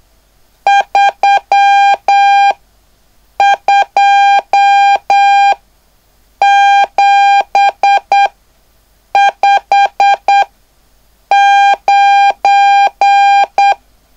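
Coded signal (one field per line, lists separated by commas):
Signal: Morse code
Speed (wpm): 8 wpm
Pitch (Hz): 800 Hz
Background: none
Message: 32759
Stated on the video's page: Beginner CW class practice on speed, noise and numbers.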